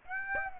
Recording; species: mosquito wingbeat signal from an infrared sensor; Aedes aegypti